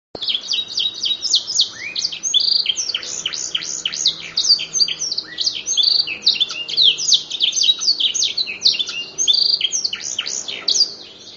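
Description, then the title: Canary in full song, a long rush of crowded high twitters, sweeps and trills that hardly pauses, with a quiet hum underneath. "kenari"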